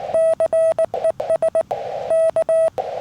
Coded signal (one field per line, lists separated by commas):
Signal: Morse code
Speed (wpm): 19 wpm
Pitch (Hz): 650 Hz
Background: none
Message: CES K